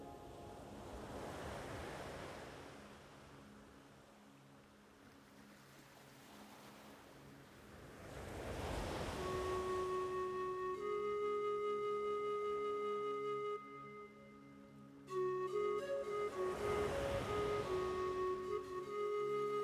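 Waves roll in and wash out in slow surges, swelling around 2, 9 and 17 seconds. Over them a pan flute plays held, breathy tones, growing louder after ten seconds, with a brief pause near 14 seconds before the melody resumes.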